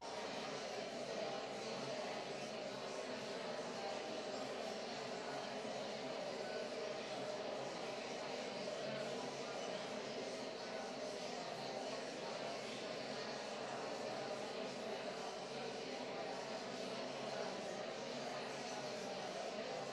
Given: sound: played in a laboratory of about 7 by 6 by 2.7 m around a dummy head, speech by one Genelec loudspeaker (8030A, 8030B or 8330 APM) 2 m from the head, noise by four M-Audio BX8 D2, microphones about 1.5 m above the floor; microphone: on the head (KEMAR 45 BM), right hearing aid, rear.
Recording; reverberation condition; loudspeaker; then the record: babble noise; high; four, about 170 cm from the corners of the room and facing them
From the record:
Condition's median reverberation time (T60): about 1300 ms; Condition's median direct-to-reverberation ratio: about -4.0 dB